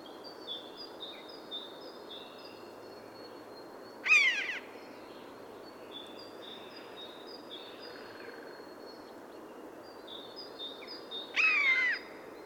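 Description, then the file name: Eurasian jay giving two drawn-out, nasal descending calls several seconds apart, with a background of soft, high repeated whistles from other birds. "Garrulus glandarius"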